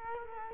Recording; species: mosquito wingbeat signal from an infrared sensor; Culex quinquefasciatus